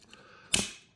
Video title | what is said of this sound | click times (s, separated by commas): Review of Transformers Studio Series 86 Voyager Transformers The Movie 1986 Decepticon Sweep/Scourge | and push it till it clicks take this section rotate it up get another click | 0.5 s